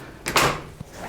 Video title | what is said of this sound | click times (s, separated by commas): 2022 FORD MAVERICK - FLEXBED OVERVIEW | and then snaps into place. | 0.3 s